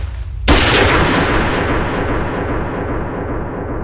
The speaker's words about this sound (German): Der Schuss peitschte durch den Raum und die Kugel traf ihr Ziel mit tödlicher Präzision.